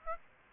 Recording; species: mosquito wingbeat signal from an infrared sensor; Aedes aegypti